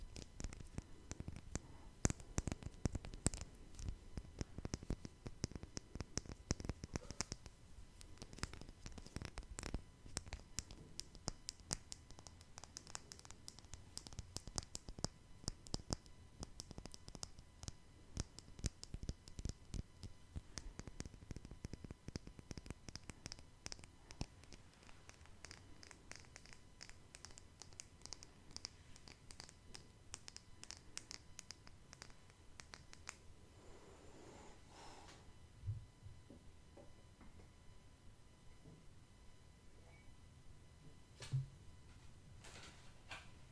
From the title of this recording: Tapping No Talking